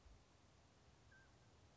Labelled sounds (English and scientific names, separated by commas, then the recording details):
Mountain Quail (Oreortyx pictus)
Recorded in Sonoma County, California